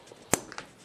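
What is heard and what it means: A snap ring is pressed against a table onto the drive adapter of a 1 1/8" crown and drive kit on a Rollease 0.2Nm 18mm tubular roller shade motor. A sharp, loud click at 0.3 s shows the ring seating, followed by a few fainter ticks near 0.5 s, 0.6 s and 0.9 s.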